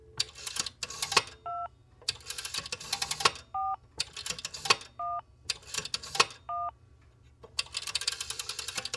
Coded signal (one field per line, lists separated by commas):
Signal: DTMF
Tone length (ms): 220 ms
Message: 2 4 1 1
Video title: Rotary Phone via VOIP